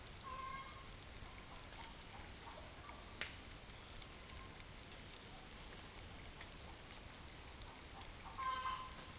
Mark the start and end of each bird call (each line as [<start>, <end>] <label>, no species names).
[2.42, 3.34] bird call